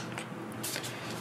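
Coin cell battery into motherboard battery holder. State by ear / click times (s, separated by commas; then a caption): seated / 0.2 s. A coin cell battery is slotted back into a motherboard's CMOS battery holder, one edge first, then pressed down to reset the CMOS/BIOS settings. A short, sharp click at 0.2 s marks the battery seating, followed by a longer broadband rustle around 0.6 s. The battery clicks into place and is seated.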